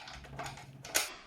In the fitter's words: Feel that one click into place.